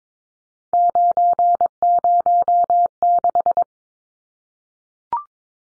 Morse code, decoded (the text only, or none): 906